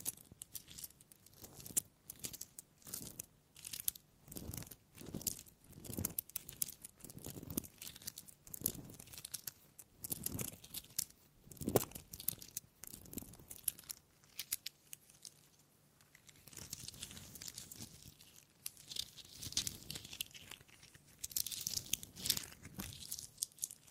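Wood being tapped, scratched and rubbed in a steady stream of short, crisp contacts, several each second with brief gaps between. Some strokes are dull knocks, others bright scrapes; after the midpoint the sound turns to hissier, brushing rubs with faint crinkling.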